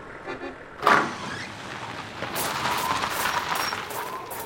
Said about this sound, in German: Da kommt ein Auto. Das ist Jureks Wagen. Er zieht ein anderes Auto hinter sich her.